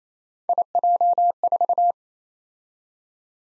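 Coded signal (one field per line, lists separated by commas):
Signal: Morse code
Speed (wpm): 32 wpm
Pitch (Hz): 700 Hz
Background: none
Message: IJ4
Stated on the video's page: Speed-Racing 28 wpm drill of three-character letter-number combinations, starting at 1.5 times base speed and slowing to base, with a final repeat at maximum speed.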